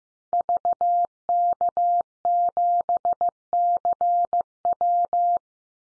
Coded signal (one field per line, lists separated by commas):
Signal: Morse code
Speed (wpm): 15 wpm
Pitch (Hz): 700 Hz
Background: none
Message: VK7CW